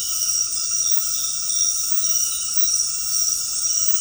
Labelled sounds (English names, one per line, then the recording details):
none
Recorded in secondary vegetation near Puerto Asís, Putumayo, Colombia, on 20 February 2024 at 20:30
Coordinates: 0.468, -76.324
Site G6381